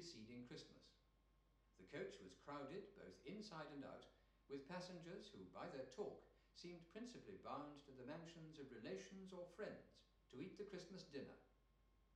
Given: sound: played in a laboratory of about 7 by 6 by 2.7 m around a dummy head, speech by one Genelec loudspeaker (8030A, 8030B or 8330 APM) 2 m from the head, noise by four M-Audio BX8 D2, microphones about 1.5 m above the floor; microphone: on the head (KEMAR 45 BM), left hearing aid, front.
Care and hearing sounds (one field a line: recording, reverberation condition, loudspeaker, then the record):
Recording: male speech in English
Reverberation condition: medium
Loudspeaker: 150 degrees to the left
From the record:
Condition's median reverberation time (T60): about 510 ms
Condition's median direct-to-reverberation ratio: about -0.5 dB